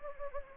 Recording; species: mosquito wingbeat signal from an infrared sensor; Anopheles gambiae